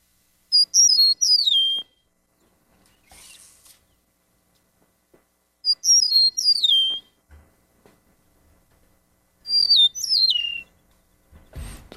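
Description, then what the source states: Eastern meadowlark song, a clear slurred whistled phrase falling from high to lower pitch, given three times with pauses between. Song remembered by the phrase 'spring of the year'.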